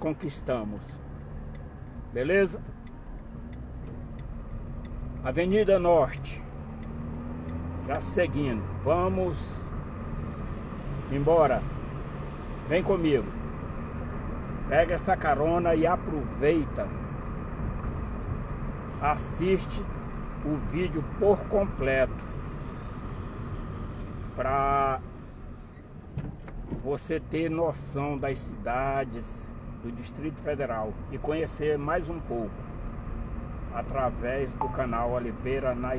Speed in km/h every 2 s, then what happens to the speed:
18, 23, 28, 37, 38, 42, 45, 45, 45, 43, 40, 33, 20, 24, 28, 32, 36, 36.
1-12 speeds up to 45. 12-19 steady at about 45. 19-24 brakes to 20. 24-31 speeds up to 36.